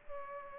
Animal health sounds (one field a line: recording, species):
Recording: mosquito wingbeat signal from an infrared sensor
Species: Culex pipiens